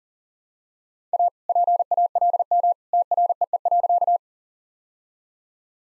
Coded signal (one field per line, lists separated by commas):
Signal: Morse code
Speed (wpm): 40 wpm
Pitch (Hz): 700 Hz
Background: none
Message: A PALM TREE.